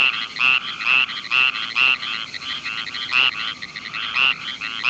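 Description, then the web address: Tree frog calls repeated quickly, short bright notes over layered harmonics, roughly two per second. "frogs Family Hylidae"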